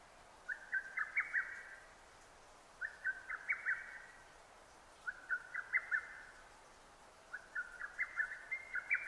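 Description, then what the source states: Lesser cuckoo singing: four quick, staccato whistled phrases of several sharp notes, repeated at regular intervals of just over two seconds over a faint hiss. Recorded 6 June 2009; Japanese name hototogisu.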